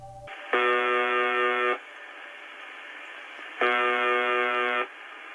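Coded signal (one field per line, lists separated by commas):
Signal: numbers station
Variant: UVB-76 (The Buzzer)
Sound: two harsh, low, droning buzzes, each about a second long, over faint static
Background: radio static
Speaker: the creepy and sometimes incoherent broadcast from uvb 76 sounds like this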